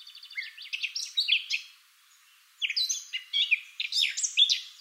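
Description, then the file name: Eurasian blackcap warbling: a quick, jumbled run of bright chattering notes, a short pause, then a second fast, varied warble. "Sylvia atricapilla"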